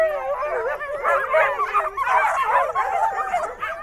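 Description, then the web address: Sled dogs in a howling chorus, many overlapping wavering howls and yips from several animals at once, continuous throughout. A sled dog "concert", filed among farmyard animal sounds. "allathangok parasztudvar kutya szanhuzokoncert"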